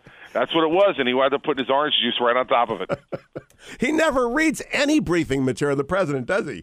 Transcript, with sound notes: That’s what it was, and he wound up putting his orange juice right on top of it.
(laughing) He never reads any briefing material, the President, does he?